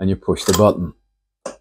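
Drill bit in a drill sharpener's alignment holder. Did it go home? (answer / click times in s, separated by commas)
yes / 1.5 s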